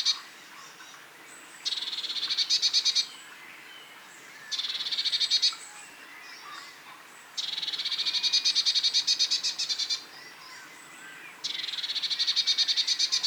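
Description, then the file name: Eurasian blue tit giving rattled, buzzy churr bursts four times, the third the longest, over a faint hiss. "Cyanistes caeruleus"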